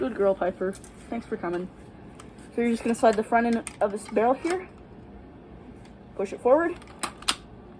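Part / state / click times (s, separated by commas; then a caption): toy blaster barrel onto blaster body catch / seated / 7.3 s. Someone talks while the front end of a plastic foam-dart toy blaster barrel is slid onto the blaster body and pushed forward. A few short clacks are heard near the end, and the barrel seats onto its catch with a sharp click at 7.3 seconds.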